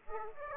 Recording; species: mosquito wingbeat signal from an infrared sensor; Aedes aegypti